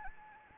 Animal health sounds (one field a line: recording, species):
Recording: mosquito wingbeat signal from an infrared sensor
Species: Anopheles gambiae